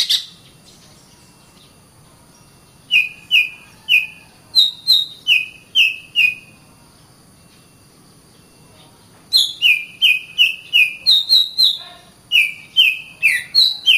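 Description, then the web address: Oriental magpie-robin whistling loud, short down-slurred notes in repeated series, silent for several seconds between two bursts of song. Loud song, used as masteran for training other birds. "Suara kacer ngplong keras. masteran burung kacer"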